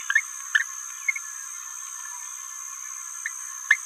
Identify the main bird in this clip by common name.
Green-rumped Parrotlet